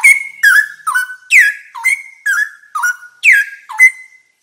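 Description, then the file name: Straw-headed bulbul singing a fast run of loud whistled phrases, each a bright falling slur that settles into a level ringing note, about two per second. "suara burung cucak rowo"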